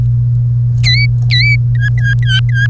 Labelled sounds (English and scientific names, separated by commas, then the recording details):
Domestic Canary (Serinus canaria) song
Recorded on 1 May 2018 at 13:00
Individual llb3